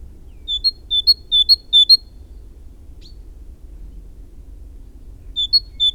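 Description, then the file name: Great tit song: four rhythmic low-high double whistles, a pause with a brief faint note, then another run of paired notes. "Parus major"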